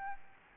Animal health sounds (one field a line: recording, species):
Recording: mosquito wingbeat signal from an infrared sensor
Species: Aedes albopictus